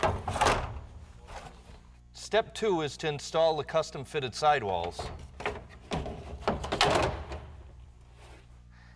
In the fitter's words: The first thing out of the box is the load guard at the front of the bed. It just snaps in place.